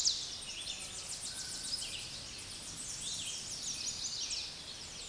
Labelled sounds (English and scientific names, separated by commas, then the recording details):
Red-eyed Vireo (Vireo olivaceus) song
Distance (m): 35 m
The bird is about 15 m above the microphone
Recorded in a Pennsylvania forest on 16 May 2024 at 06:46
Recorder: AudioMoth, point MSD-2305
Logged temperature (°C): 16.9 °C
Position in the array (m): 53 m, 163 m